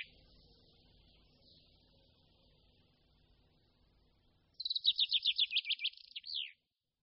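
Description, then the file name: Common chaffinch singing one full phrase after a few seconds of faint hiss: a cascading series of chirpy notes ending in a falling flourish. "Pěnkava obecná"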